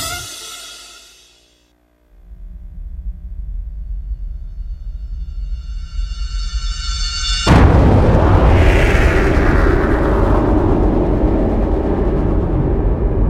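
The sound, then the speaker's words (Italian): A tone fades out, then a low rumble swells with rising whines before a sudden, loud explosion opening a musical overture bursts in and keeps roaring with a dense, sustained blast to the end. “ma con quella che viene chiamata l'ouverture, ovvero si parte con uno scoppio, che è una bella sintesi di quello che è successo nel 1861.”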